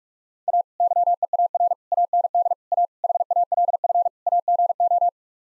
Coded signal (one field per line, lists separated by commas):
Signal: Morse code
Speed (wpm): 42 wpm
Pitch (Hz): 700 Hz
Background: none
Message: A YEAR AND A HALF AGO